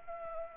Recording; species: mosquito wingbeat signal from an infrared sensor; Anopheles arabiensis